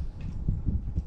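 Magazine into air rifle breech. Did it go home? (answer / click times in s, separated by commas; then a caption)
no / none. A magazine is lined up with the breech of a Crosman Icon .177 air rifle (UK spec) and positioned before being pushed home, producing only small, soft handling knocks. Nothing has seated or clicked yet.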